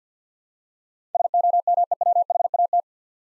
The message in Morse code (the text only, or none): SOMEWHAT